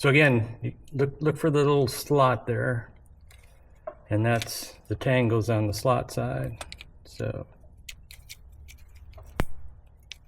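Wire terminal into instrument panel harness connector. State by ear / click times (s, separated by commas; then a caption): seated / 9.4 s. A metal wire terminal is pushed into the plastic instrument panel harness connector of a 1963 Chevy C10, tang on the slot side, while someone talks. After a few faint ticks and handling sounds, a sharp click at 9.4 s marks its locking tab catching. The terminal is seated and won't come out.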